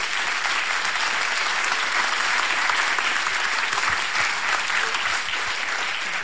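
Steady, dense audience applause at a Polish Radio Trójka event from Myśliwiecka street, honoring a musician who played bass on a band's first album, a loud wash of many hands clapping at an even level with no voices standing out.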